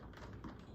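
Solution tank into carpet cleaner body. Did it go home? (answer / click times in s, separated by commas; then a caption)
yes / 0.2 s, 0.4 s. A refilled plastic solution tank with its cap back on is lowered and squeezed into its bay on a Shark CarpetXpert with StainStriker EX201 carpet cleaner. Two sharp snaps sound at 0.2 s and 0.4 s, and the tank is seated.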